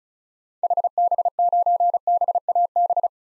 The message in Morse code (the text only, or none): HB9BAB